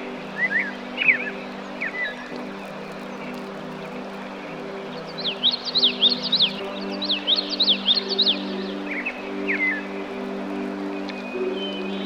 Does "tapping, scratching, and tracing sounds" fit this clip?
no